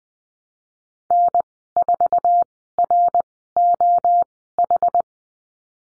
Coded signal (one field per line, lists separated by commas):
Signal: Morse code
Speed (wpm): 19 wpm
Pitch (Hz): 700 Hz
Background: none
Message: N4ROH